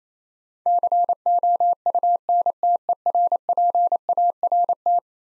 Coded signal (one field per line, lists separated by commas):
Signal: Morse code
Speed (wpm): 28 wpm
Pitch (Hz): 700 Hz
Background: none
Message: COUNTERPART